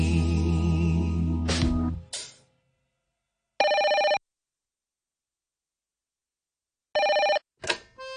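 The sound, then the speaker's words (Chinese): Music fades out, then a telephone ring sound effect on an RTHK Radio 2 morning broadcast in Hong Kong sounds twice: two bright, steady electronic tones about half a second each, separated by silence, followed by a brief clipped burst at the end. “早晨啊，个电话响咗两声，今日个电话 effect 有啲特别啊”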